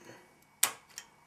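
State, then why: Seated. A spring-loaded plastic push pin on a northbridge/southbridge chipset heatsink is pushed through the motherboard mounting hole. It snaps home with a sharp click at 0.6 s, followed by a softer tick around 1.0 s. The pin locks into place.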